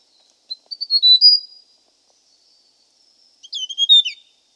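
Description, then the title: Hill prinia calling, a thin rising twitter followed after a pause by a burst of sharp, looping high chirps. "prenjk gnung. Suara burung prenjak gunung"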